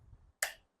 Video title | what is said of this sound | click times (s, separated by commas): Unboxing Royal Enfield Himalayan 450 Accessories! #trendingvideo #viralvideo #bulletlife | നല്ല click സൗണ്ടോട് കൂടെ | 0.4 s